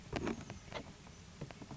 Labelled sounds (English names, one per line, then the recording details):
Oak Titmouse
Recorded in Sonoma County, California